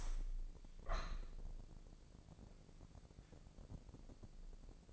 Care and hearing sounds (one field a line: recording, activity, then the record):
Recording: daily activity, microphone in the room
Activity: open window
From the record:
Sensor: 5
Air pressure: 1012.3 hPa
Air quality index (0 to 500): 157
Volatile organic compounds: 2 ppm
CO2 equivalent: 1069 ppm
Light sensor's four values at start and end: 111/268/113/125 and 111/268/113/125